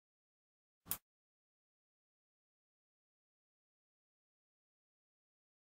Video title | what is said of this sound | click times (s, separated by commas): Getting Started: A Guide to the Dopplex ATP Ankle & Toe Pressure Kit | twisting them into place until you hear a click | 0.9 s